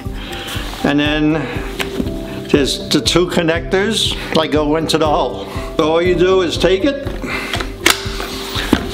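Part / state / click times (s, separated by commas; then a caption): extension tube into floor power brush / seated / 7.9 s. Someone talks as the metal extension tube of a Belife cordless stick vacuum, with its two electrical connectors, is pushed into the socket of the floor power brush. It snaps into place with a sharp click at 7.9 s.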